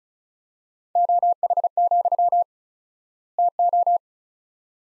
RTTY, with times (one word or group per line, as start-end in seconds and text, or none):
none